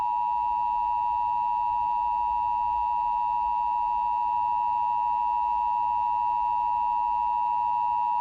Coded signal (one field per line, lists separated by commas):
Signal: Emergency Alert System (SAME) tones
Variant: 853 and 960 Hz attention tone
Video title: 740 KCBS EAS Required Monthly Test 09/13/2023 with Test Fail! #emergencyalertsystem